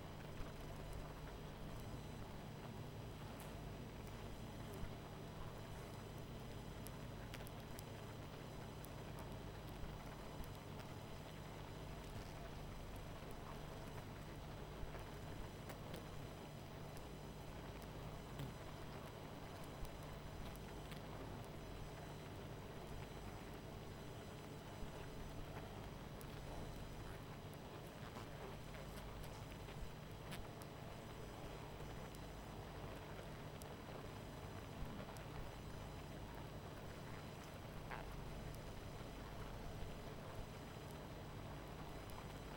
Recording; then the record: honeybee colony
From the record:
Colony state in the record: missing queen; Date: 14 July 2017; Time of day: 21:19